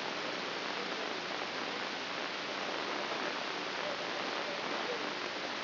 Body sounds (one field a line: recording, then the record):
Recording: brain microelectrode recording played as sound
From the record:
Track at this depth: inside the subthalamic nucleus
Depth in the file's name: 2.722 mm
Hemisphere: right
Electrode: 2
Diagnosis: Parkinson's disease